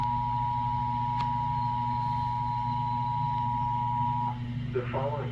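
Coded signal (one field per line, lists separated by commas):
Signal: Emergency Alert System (SAME) tones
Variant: 853 and 960 Hz attention tone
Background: speech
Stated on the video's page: Special marine warning alert for the San Francisco Bay Area received on TV.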